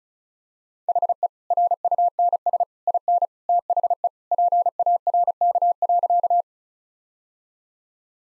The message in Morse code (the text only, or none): HE RUNS IN THE PARK.